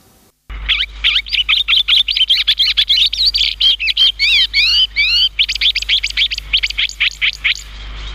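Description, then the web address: Chestnut-cheeked starling chattering: a fast, uneven stream of sharp chirps and twangy notes, with a few rising and falling slurred phrases in the middle. "sikioto birds komukudori"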